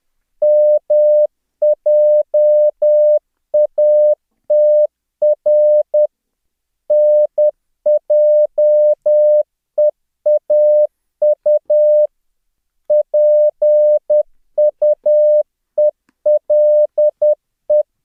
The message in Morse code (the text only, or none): MJATR NJEAU PUELE